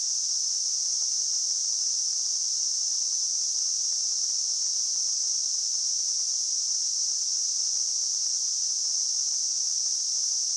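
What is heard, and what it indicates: A steady, unbroken high-pitched hiss sits in a narrow band around 6 kHz for the full ten seconds, with no pulsing or change in loudness. It is a simulation of tinnitus, the constant hissing or ringing some people hear without any outside sound.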